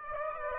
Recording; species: mosquito wingbeat signal from an infrared sensor; Aedes aegypti